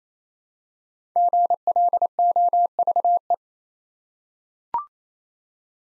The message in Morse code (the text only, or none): GLOVE